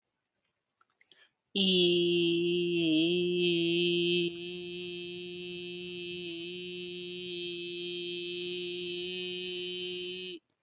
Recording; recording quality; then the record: sustained vowel as in beet; excellent, no background noise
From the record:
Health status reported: healthy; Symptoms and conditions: hypertension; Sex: female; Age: 42 years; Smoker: not ticked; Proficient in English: yes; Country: India